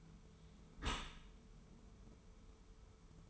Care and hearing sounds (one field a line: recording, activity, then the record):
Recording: daily activity, microphone in the room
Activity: close dishwasher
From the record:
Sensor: 1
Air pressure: 1015.0 hPa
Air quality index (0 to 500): 25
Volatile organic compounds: 0 ppm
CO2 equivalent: 500 ppm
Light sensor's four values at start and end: 13/30/12/13 and 13/30/12/13